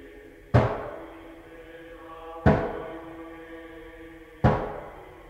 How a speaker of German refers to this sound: Wer klopft?